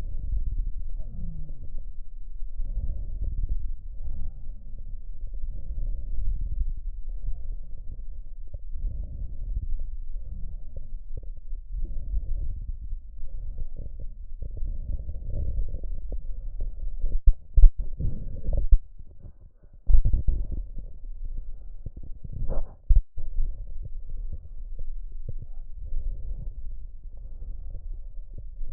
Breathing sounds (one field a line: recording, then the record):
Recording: lung sounds by stethoscope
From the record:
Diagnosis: emphysema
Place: left posterior upper chest